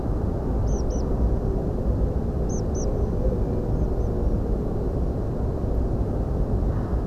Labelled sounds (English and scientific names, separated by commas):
Tree Pipit (Anthus trivialis)